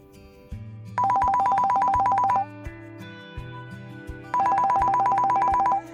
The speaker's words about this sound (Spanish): En eso suena su celular y es su jefe.